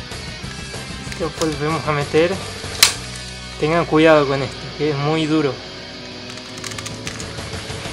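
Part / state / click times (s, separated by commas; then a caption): robot toy leg section pushed back into the body / seated / 6.7 s, 6.8 s, 7.1 s, 7.2 s. Someone talks while pushing the separated plastic leg sections of a 1997 Bandai Robo Racer Megazord (Power Rangers Turbo) robot toy back into its body. A sharp snap is heard at about 2.8 seconds, then fairly loud clicks at 6.7, 6.8, 7.1 and 7.2 seconds as the leg joint seats and locks back in place.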